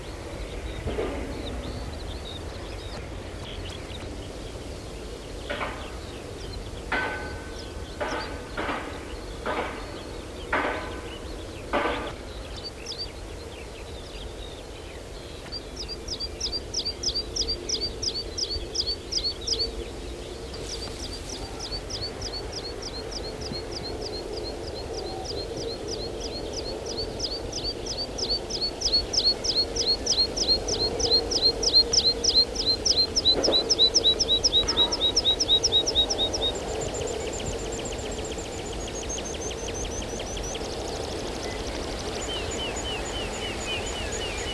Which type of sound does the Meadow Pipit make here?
song